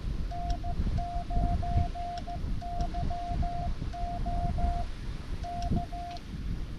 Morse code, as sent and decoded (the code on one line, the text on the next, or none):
-. ----. -.-- --- / -.-
N9YO K